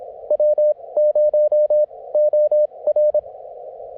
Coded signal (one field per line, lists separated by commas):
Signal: Morse code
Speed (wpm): 23 wpm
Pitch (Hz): 590 Hz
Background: none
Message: W0OR